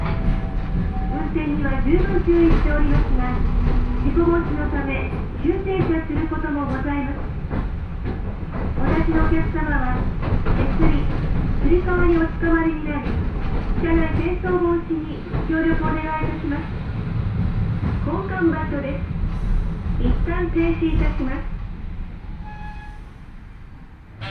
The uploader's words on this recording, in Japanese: 万葉線 高岡駅→越ノ潟。電車は吊りかけモーターなので中々の唸りをあげています。